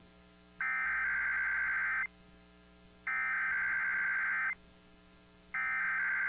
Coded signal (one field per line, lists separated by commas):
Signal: Emergency Alert System (SAME) tones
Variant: header bursts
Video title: EAS Required Weekly Test Southeastern Montana and Northern Wyoming NOAA Weather Radio (NWS Billings)